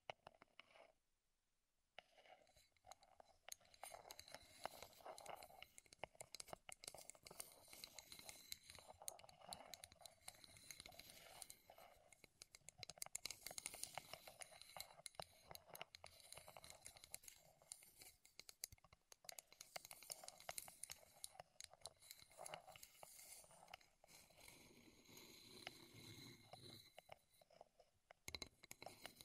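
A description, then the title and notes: Wooden objects are tapped, scratched and handled in a dense, continuous flurry of small knocks and rustles, mostly bright and crisp with a soft low rumble underneath. After a brief near-silence in the first two seconds, the clicking runs steadily without pause, varying slightly in intensity. ASMR Wood Triggers in Your Ears (No Talking).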